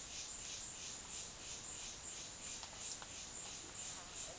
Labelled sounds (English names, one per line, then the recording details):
none
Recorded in dense forest near Puerto Asís, Putumayo, Colombia, on 19 February 2024 at 12:30
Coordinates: 0.502, -76.326
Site G6460